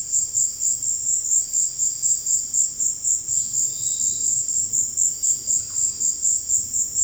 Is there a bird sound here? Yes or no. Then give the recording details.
no. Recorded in dense forest near Puerto Asís, Putumayo, Colombia, on 19 February 2024 at 17:30. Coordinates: 0.485, -76.325. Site G6429